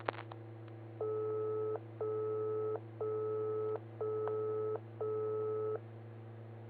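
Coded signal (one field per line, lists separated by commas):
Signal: none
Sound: news program transition beeps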